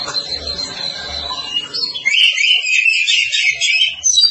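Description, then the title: Oriental magpie-robin song, rapid harsh and whistled notes building into a dense, loud warbling run in the second half, with low background rumble early on. Long-duration song style (durasi panjang). "Kacer"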